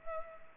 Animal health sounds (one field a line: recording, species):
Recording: mosquito wingbeat signal from an infrared sensor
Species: Culex pipiens